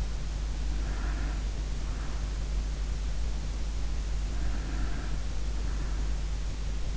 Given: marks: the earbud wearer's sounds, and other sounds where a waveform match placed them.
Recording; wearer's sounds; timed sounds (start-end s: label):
sounds in sleep by an in-ear microphone; breath
0.51-3.11 s: breath
4.12-6.32 s: breath